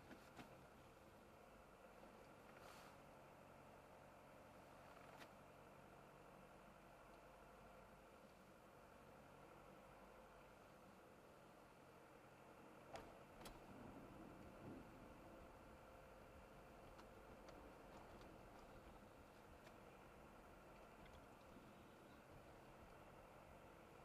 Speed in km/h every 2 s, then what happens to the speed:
27, 22, 19, 22, 21, 21, 21, 22, 22, 22, 21, 21.
0-3 slows to 19. 3-24 steady at about 21.